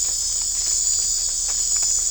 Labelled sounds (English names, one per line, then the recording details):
none
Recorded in dense forest near Puerto Asís, Putumayo, Colombia, on 22 December 2024 at 19:30
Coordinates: 0.500, -76.322
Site G053